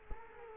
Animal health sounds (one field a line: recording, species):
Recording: mosquito wingbeat signal from an infrared sensor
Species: Culex quinquefasciatus